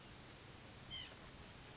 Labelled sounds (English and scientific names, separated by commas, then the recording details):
White-breasted Nuthatch (Sitta carolinensis)
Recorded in Sonoma County, California